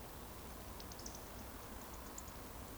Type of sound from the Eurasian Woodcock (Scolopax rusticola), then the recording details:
whistle. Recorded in Baden-Württemberg, Germany, on 12 June 2020 at 20:36 UTC. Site 14569, 102 m above sea level